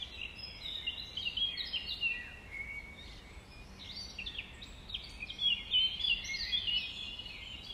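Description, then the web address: Nightingale song: a busy run of high whistles, chirps and fast trills in changing phrases. Recorded at dawn on 5 May 2020, around 05:33. "20200505-053342. 2020 05 06 nightingales"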